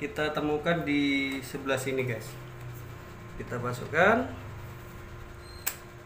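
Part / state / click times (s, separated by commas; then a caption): interchangeable lens into DSLR camera body mount / seated / 5.7 s. An interchangeable lens is mounted on a Nikon D7100 DSLR body: its mounting dot is lined up with the dot on the body, then it is inserted and turned counterclockwise while someone talks. A short, sharp click at 5.7 s is the metal bayonet locking into the camera mount, and the lens is seated.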